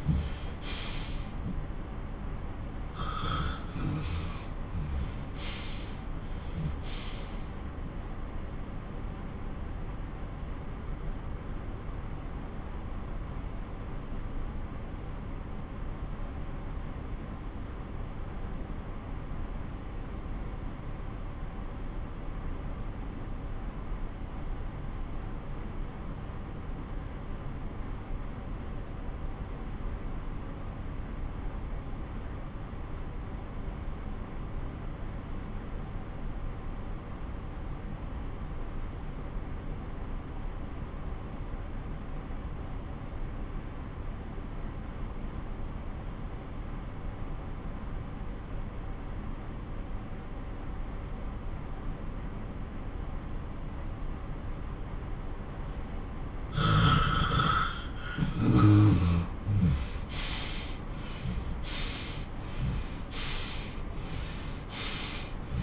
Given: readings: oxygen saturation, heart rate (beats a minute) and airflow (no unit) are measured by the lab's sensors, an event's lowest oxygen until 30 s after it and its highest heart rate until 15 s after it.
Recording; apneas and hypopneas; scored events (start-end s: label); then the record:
breathing in sleep by a smartphone at the bedside; 1
8.00-65.63 s: new sleep stage, N2 (light sleep)
13.00-57.60 s: obstructive apnea (N2, oxygen 96% highest, then 81% lowest)
From the record:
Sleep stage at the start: N1 (lightest sleep); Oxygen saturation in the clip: 85 to 96%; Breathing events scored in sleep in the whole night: 217 in 6.3 hours asleep